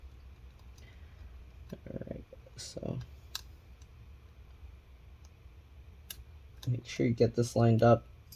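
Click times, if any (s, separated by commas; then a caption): none. Someone talks while lining up a small antenna cable connector over its socket on the wireless card of an HP Pavilion Laptop 15-cs1065cl, with soft handling rustles and sharp ticks near 3.4 s and 6.1 s. The connector has not seated or clicked yet when the clip ends.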